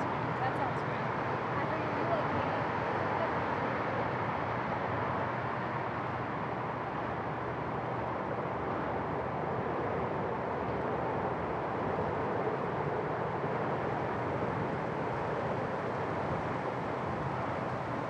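A pier beneath a busy bridge, filled with a steady, dense roar of traffic that never lets up across the whole stretch. The wash sits mostly in the low and middle range, with faint voices blending into the background and no sharp events standing out.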